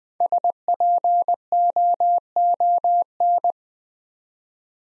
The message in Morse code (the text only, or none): SPOON